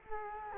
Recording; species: mosquito wingbeat signal from an infrared sensor; Culex quinquefasciatus